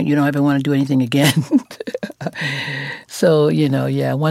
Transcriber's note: laughter